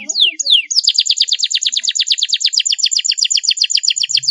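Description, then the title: Belgian canary song opening with two sweeping descending notes, then a long rapid trill of evenly repeated high pulses. Belgian canary song used to stimulate other canaries to sing. "Canto Para Esquentar Canário Belga. CUITAN KENARI MERANGSANG BUNYI KENARI PAUD. PANCINGAN KENARI AGAR GACOR"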